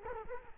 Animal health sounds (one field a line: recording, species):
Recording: mosquito wingbeat signal from an infrared sensor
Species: Culex quinquefasciatus